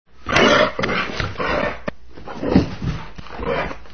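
Dog growling in several rough, noisy bursts with short pauses between them.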